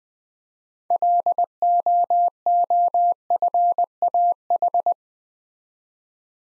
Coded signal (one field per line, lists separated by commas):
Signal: Morse code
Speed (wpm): 20 wpm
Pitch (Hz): 700 Hz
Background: none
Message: LOOFAH